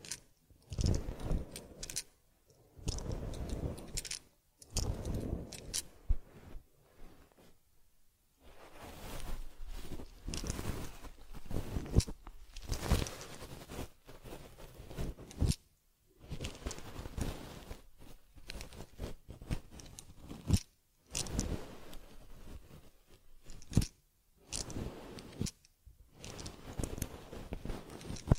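Scratchy, crackling strokes from combing and rubbing a teddy's fur come in dense bursts, broken by frequent short pauses throughout.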